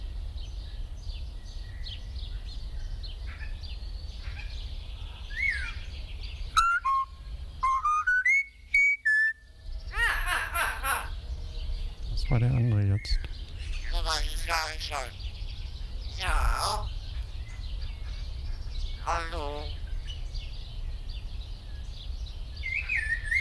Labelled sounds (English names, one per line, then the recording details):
Common Hill Myna
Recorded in captivity
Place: Zoo Berlin, Berlin, DE
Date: 1996-04-20 19:07
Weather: sonnig, 24°C
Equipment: Sony MD-WM MZ-R3, Sennheiser MKH 416 T, Kopie Uher 4000 Report Monitor
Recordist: Tembrock, Günter